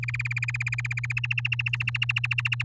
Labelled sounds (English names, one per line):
Domestic Canary song